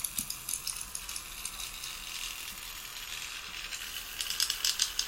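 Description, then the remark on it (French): A dragonfly's wings crackle in flight, a dry, rapid rattling with irregular bursts, growing denser and louder toward the end; no voices are heard. “Ça, c'est le vrai vol de libellule. C'est vraiment les ailes qui crépitent.”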